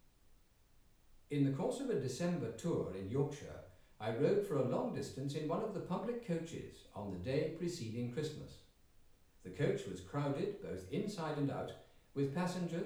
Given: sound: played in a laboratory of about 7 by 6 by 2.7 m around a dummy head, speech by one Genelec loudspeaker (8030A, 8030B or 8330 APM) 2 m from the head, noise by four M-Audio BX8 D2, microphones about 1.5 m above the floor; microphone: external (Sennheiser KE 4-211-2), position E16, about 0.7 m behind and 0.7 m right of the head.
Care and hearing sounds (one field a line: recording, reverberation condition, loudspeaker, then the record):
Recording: male speech in English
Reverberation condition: medium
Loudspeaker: 30 degrees to the right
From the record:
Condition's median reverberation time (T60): about 510 ms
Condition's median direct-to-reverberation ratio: about -0.5 dB